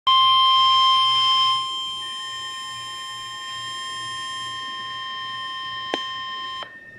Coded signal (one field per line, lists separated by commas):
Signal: Emergency Alert System (SAME) tones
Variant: 1050 Hz attention tone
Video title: Severe Thunderstorm Warning (EAS #448 and #449)